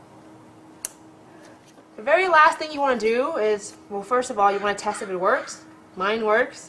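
An HID conversion kit's second ballast wiring connector is lined up and pushed into its mating harness connector on the other side, seating with a sharp click at 0.8 s. Someone then talks from about 2.0 s to the end.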